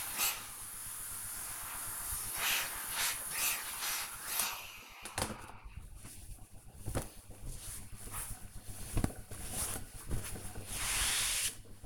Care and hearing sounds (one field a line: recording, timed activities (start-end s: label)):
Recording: household activities, microphone on the right wrist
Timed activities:
0.00-10.72 s: ironing laundry